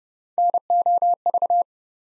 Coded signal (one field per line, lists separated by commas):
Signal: Morse code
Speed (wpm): 30 wpm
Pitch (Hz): 700 Hz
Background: none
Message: NOV